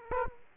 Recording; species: mosquito wingbeat signal from an infrared sensor; Aedes aegypti